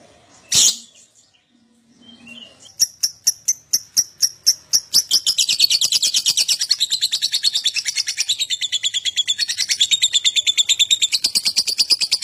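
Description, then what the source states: Lovebird song: a sharp squeak, then clicking notes accelerating into a continuous fast, rasping high chatter. Adult lovebird singing vigorously, called gacor, with owor-style song.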